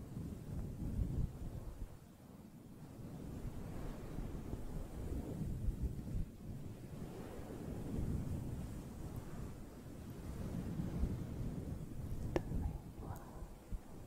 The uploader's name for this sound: STORM